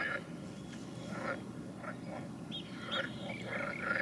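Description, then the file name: Frog chorus of short raspy croaks at an irregular pace, mixed with a few brief bird chirps. "Nature Recordings - Frogs"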